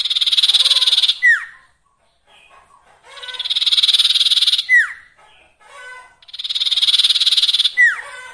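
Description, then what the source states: Sirtu song: loud, hissing rasping bursts, each closed by a quick falling whistled slur, three phrases roughly every three seconds with faint chips between. Training song for cage birds, full song variation.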